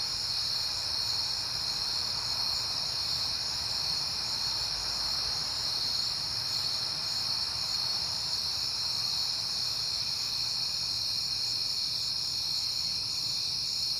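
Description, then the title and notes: Crickets chirp in a dense, steady high-pitched chorus that never pauses, layered in several shimmering bands, with a soft broad rumble swelling and fading midway. Recorded at night in September, on a peaceful night. "Night Time: Crickets and Passing Cars. It is September and I have been hearing the crickets a lot, but finally had a peaceful night to make the recording"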